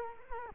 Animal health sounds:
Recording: mosquito wingbeat signal from an infrared sensor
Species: Culex quinquefasciatus

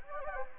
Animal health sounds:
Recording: mosquito wingbeat signal from an infrared sensor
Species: Anopheles gambiae

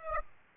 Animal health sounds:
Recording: mosquito wingbeat signal from an infrared sensor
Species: Aedes aegypti

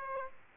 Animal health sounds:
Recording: mosquito wingbeat signal from an infrared sensor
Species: Aedes aegypti

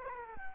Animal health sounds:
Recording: mosquito wingbeat signal from an infrared sensor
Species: Culex quinquefasciatus

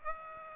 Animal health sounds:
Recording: mosquito wingbeat signal from an infrared sensor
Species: Aedes aegypti

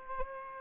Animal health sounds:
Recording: mosquito wingbeat signal from an infrared sensor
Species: Aedes aegypti

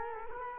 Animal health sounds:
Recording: mosquito wingbeat signal from an infrared sensor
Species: Culex quinquefasciatus

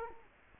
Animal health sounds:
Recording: mosquito wingbeat signal from an infrared sensor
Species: Culex quinquefasciatus

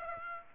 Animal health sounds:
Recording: mosquito wingbeat signal from an infrared sensor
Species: Aedes aegypti

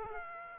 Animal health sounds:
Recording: mosquito wingbeat signal from an infrared sensor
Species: Aedes aegypti

